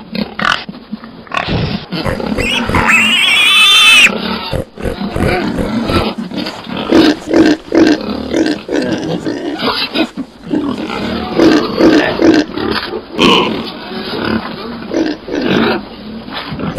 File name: Sonido del Cerdo sonidos cortos de animales chancho